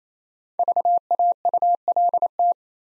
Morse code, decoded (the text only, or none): VAULT